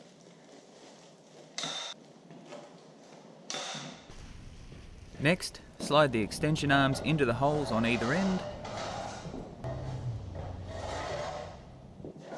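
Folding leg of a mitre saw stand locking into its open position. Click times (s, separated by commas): 1.6 s, 3.5 s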